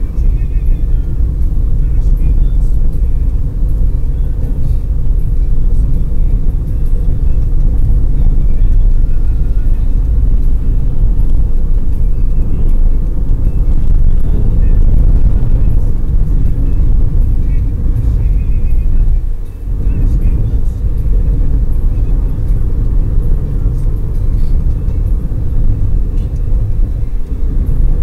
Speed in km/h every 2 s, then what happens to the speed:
58, 56, 59, 60, 61, 65, 69, 71, 71, 72, 73, 78, 78, 78.
2-28 speeds up to 78.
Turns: none.